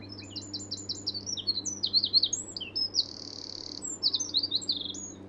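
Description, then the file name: Eurasian wren song: fast high repeated notes, tumbling twitters, a sustained buzzing trill around the middle, then further rapid phrases. "Troglodytes troglodytes"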